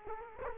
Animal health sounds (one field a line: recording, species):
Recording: mosquito wingbeat signal from an infrared sensor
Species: Culex quinquefasciatus